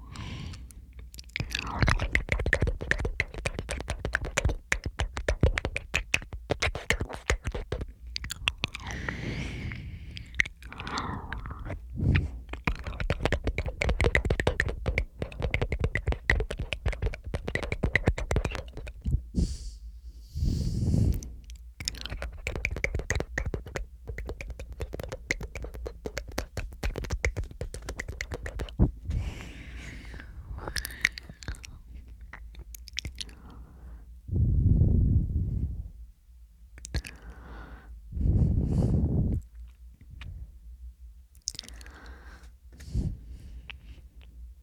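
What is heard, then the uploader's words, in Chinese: Mouth sounds fill the recording: dense, irregular clicks, smacks and wet chewing noises crowd the first twenty seconds with little pause. After that the activity thins into scattered bursts, with a few low, breathy swells around 21, 35 and 39 seconds. 口腔助眠asmr。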